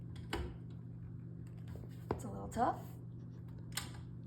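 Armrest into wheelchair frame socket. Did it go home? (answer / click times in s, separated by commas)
yes / 3.8 s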